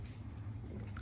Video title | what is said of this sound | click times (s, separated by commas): Coffee With Coach Mike - Ask Me Anything (Sponsored) | pops right in super cool | 1.0 s